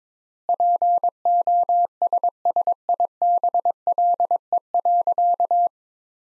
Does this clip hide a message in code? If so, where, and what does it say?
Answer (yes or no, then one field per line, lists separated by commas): yes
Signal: Morse code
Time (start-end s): 0.5-5.7 s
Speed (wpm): 22 wpm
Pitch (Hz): 700 Hz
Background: none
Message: POSSIBLE.